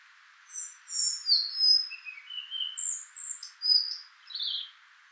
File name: Ficedula albicollis